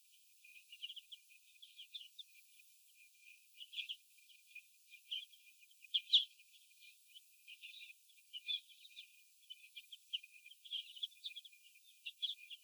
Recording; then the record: young laying hens in a cage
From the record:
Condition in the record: before the stressor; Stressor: sudden umbrella opening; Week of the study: 2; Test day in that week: 1